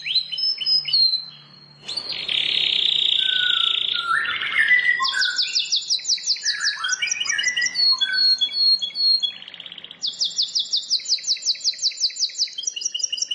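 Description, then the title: Prinia song: varied high chirps and twitters with a brief rushing noise, then fast, even trills of sharp notes, again near the end. "Ciblek Sawah 1"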